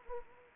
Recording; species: mosquito wingbeat signal from an infrared sensor; Anopheles gambiae